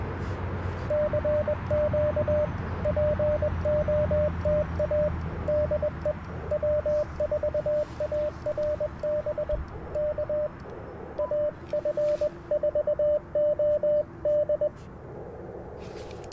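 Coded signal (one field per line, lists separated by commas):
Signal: Morse code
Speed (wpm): 21 wpm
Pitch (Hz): 590 Hz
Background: radio noise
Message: CQ POTA DE W4ARB K AF4OD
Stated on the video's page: QRP CW Parks on the Air activation on 40 m and 30 m, using an Icom IC-705, magnetic loop antenna and paddles.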